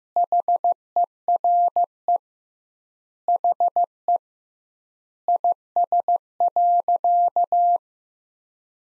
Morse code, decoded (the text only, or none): HERE HE IS.